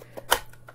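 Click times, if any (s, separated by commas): 0.3 s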